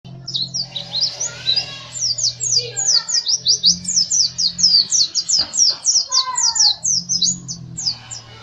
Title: pleci Bali Ngerol Gacor Teler Juara Nasional